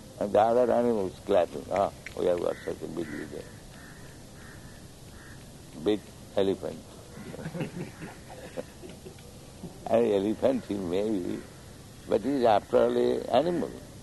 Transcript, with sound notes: And the other animals clapping, "Oh, we have got such a big leader." Big elephant, yes. [laughter] And elephant he may be, but he is, after all, a animal.